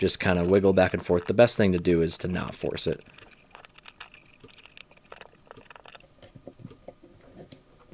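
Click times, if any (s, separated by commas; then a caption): 4.8 s. Someone talks for the first three seconds while wiggling a stuck internal section of a Hasselblad 80mm vintage medium-format lens back and forth in its barrel without forcing it. Faint scraping and small ticks follow, and a little click at 4.8 s marks the section coming free.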